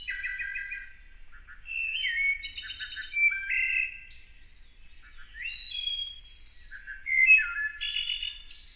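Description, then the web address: Wood thrush song: a series of clear, flute-like phrases, each starting with low whistled notes and ending in a higher, buzzy trill, separated by short pauses. "Songs of Birds of North America Know Your Bird Sounds Common Western Species. Wood Thrush"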